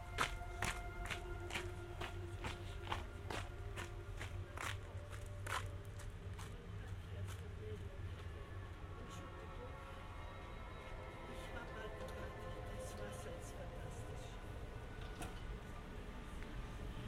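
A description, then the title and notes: A morning scene at a Buddhist monastery as a monk walks around a stupa. Quick, sharp clicks and taps come thickly in the first six seconds, then grow sparse. A steady low rumble and faint sustained ringing tones continue underneath, with hints of voices. Binaural production. Binaural soundscapes recorded in Feldkirch (Vorarlberg, Austria). Morning scene at a Buddhist monastery with a monk walking around a stupa.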